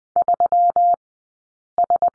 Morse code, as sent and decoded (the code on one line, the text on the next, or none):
...-- ...
3S